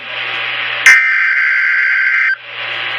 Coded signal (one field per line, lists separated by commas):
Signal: Emergency Alert System (SAME) tones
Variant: header bursts